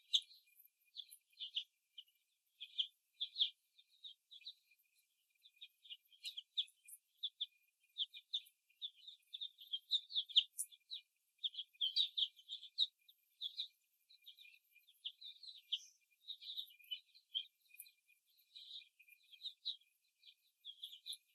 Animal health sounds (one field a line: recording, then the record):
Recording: young laying hens in a cage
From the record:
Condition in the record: before the stressor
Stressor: simulated dog barking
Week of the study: 1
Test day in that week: 2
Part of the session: 3